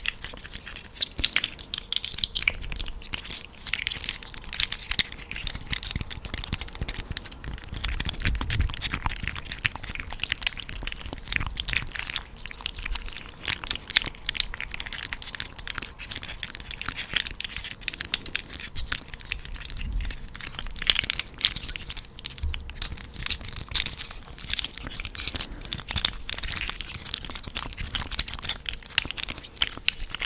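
Wet mouth sounds, dense crackly clicks and smacks running steadily throughout, with soft low thumps and a quiet hum beneath.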